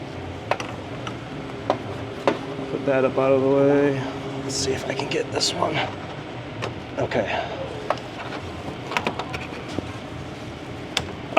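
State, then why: Seated. A fuel line quick-connect fitting is pushed onto the port of the lower Fleece fuel filter housing on a long-bed Ford Super Duty diesel pickup, working in the vehicle, while someone talks and scattered taps sound. Two sharp clicks come at 11.0 s and 11.4 s as the fitting seats and locks, and it will not pull off.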